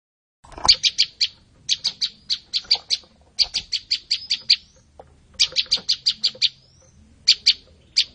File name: suara burung prenjak lumut. omkicau